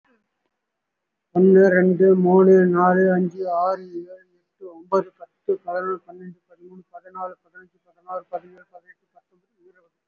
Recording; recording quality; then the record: counting at a fast pace; moderate, slight background noise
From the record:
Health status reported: respiratory illness, not identified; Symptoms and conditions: fatigue, another respiratory illness, another condition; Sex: male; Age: 65 years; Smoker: no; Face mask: worn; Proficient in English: no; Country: India